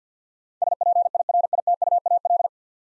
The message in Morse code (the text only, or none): SPIRITUAL